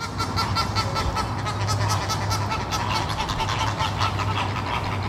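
Chilean flamingos calling as a flock: a continuous chorus of nasal, goose-like honks and gabbling notes overlapping without pause, with a low rumbling background.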